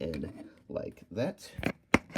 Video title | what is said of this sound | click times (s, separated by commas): Transformers Studio Series 86-21 Commander Class Ultra Magnus review | And it will just clip down into place. | 1.9 s